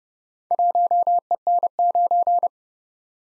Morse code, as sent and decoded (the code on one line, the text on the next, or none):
.---- . -. ----.
1EN9